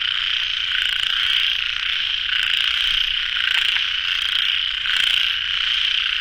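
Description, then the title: Frogs in a dense, steady chorus, a continuous two-pitched trilling drone with faint clicks scattered through it. Frogs calling at a pond late at night; recorded in the field by the recordist. "深夜水塘蛙声伴你入眠 ［声谷］"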